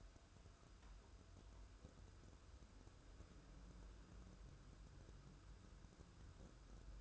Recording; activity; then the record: daily activity, microphone in the room; wipe stove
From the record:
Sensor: 2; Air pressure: 1015.0 hPa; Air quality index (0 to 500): 56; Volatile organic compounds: 1 ppm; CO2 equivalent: 675 ppm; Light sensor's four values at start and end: 13/35/14/15 and 13/35/14/15